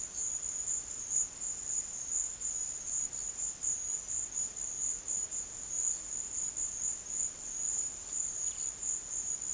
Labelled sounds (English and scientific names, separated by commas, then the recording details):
none
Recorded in pastures near Puerto Asís, Putumayo, Colombia, on 12 March 2025 at 13:30
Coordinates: 0.487, -76.322
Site G077